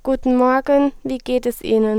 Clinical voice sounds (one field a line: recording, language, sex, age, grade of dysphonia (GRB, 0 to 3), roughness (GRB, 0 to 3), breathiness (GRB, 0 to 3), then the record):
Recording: spoken sentence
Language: German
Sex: female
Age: 20 to 29 years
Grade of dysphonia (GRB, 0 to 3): 0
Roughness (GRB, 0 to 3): 0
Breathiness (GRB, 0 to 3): 0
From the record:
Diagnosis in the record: healthy voice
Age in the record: 20 years